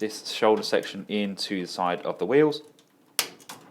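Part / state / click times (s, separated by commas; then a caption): figure shoulder section into the wheel side / seated / 3.2 s. Someone talks while tabbing the plastic shoulder section of a Spark Toys ST-01 Alpha Pack Transformers The War Within Optimus Prime figure into the side of its wheels. A sharp click at 3.2 seconds marks the shoulder section securing into place, followed by two faint ticks.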